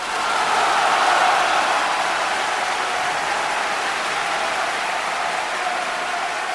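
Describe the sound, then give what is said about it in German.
A large opera audience bursts into loud, sustained applause, a dense unbroken roar of clapping with cheers mixed in, holding steady for several seconds without any speech. “Also da war eine Reaktion im Publikum wie vielleicht nur noch bei … Konzerten.”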